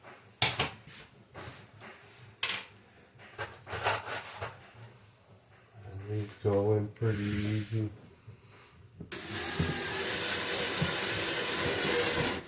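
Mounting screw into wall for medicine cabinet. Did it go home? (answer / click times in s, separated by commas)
no / none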